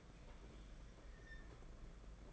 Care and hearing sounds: daily activity, microphone in the room; open fridge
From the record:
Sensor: 5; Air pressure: 992.0 hPa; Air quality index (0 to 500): 200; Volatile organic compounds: 1000 ppm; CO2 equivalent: 5772 ppm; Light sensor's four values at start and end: 29/99/37/39 and 29/98/37/39

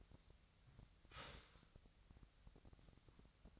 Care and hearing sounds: daily activity, microphone in the room; start toaster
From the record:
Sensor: 3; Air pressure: 1001.9 hPa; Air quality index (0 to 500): 246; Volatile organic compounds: 50 ppm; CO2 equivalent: 3292 ppm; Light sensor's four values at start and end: 13/40/17/15 and 13/40/17/15

